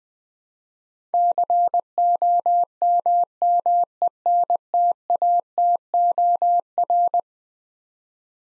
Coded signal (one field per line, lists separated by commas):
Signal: Morse code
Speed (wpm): 20 wpm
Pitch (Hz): 700 Hz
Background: none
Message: COMMENTATOR